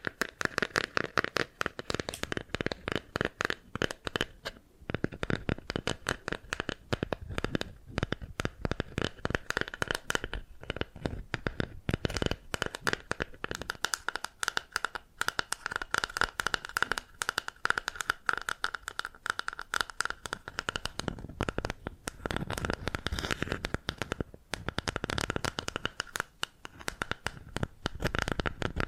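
Bamboo is tapped, scratched and brushed in a dense, continuous stream of quick dry clicks and rasping strokes. The rhythm stays busy throughout, with brief gaps near five and ten seconds, and a faint steady tone lingers under the scratching in the middle.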